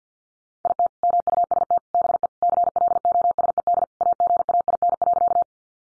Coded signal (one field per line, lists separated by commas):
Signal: Morse code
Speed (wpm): 48 wpm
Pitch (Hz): 700 Hz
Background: none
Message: IT MUST BE CLOSED AGAIN.